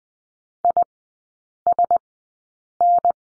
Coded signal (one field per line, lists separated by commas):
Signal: Morse code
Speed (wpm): 20 wpm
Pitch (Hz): 700 Hz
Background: none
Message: ISN